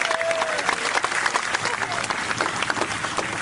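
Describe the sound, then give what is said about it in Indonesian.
An audience applauds steadily, a dense wash of many hands clapping at a fairly loud, even level throughout, with a faint whistle-like tone briefly rising over it near the start. “Tepuk tangan semuanya”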